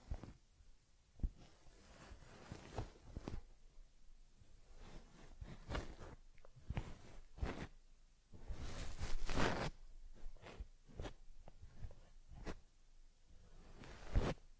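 Soft handling sounds as a teddy bear gets a head massage and fur combing: irregular brushing and rubbing strokes, with sharp short scrapes around 1, 6, 12.5 and 14 seconds. A denser, louder stretch of rubbing runs from about 8.5 to 10 seconds.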